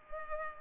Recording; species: mosquito wingbeat signal from an infrared sensor; Culex pipiens